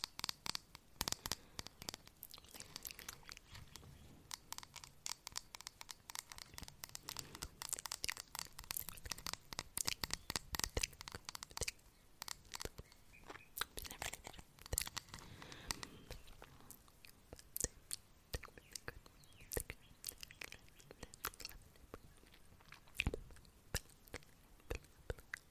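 Mouth sounds and tapping with unintelligible whispers: a dense, irregular stream of sharp, crisp clicks and taps runs the whole way, bright and crackly like crinkling. Soft breathy whispering sits underneath, and a few louder taps stand out near the end.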